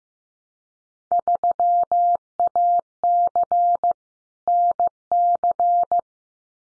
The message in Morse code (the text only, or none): 3AC NC